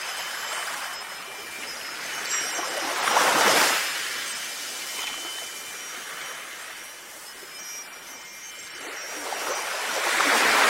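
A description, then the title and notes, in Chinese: Wind chimes by the sea ring faintly with thin lingering tones over a steady hiss of surf that swells around three and ten seconds. 海边的风铃。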